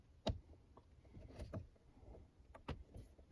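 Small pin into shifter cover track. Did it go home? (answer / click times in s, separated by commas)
no / none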